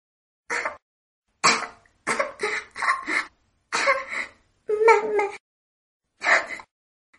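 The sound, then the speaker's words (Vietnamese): A child coughs dryly while waking up, in a series of short, harsh bursts, about eight coughs spaced irregularly with pauses between, some clustered close together, with no talking. “Thiên Hạo ho khan vài tiếng, mơ màng mở mắt ra.”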